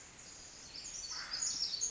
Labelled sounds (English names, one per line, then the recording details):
Pacific Wren
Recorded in Sonoma County, California